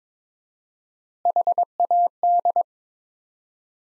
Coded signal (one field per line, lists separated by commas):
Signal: Morse code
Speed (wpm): 22 wpm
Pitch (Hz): 700 Hz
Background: none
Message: HAD